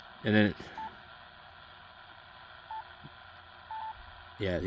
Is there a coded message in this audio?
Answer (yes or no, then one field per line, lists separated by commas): no